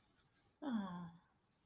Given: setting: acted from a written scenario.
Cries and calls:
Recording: vocal sound without words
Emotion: adoration

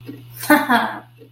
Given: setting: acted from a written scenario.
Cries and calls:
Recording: vocal sound without words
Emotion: triumph

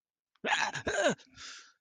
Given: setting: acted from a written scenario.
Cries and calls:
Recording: vocal sound without words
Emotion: fear

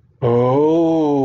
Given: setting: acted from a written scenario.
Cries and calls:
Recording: vocal sound without words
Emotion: interest

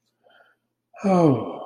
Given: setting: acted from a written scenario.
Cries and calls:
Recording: vocal sound without words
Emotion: serenity

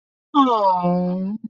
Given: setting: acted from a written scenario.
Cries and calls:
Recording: vocal sound without words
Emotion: adoration

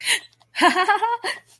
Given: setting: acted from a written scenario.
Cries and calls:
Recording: vocal sound without words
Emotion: elation

